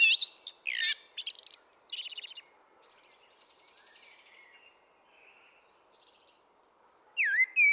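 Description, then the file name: Common blackbird song opening with clear whistled notes and chattering, high scratchy twitters, a quieter middle with soft twittering, then a new fluted phrase. "Turdus merula"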